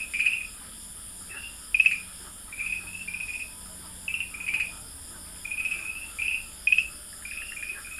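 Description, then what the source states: Farmland green tree frog calls: brief chirping note clusters repeated at irregular intervals over a steady high background hiss. Recorded at Dalin, 30 May 2009.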